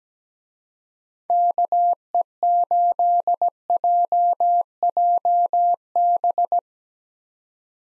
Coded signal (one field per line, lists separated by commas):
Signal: Morse code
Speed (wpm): 17 wpm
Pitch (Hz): 700 Hz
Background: none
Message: KE8JJB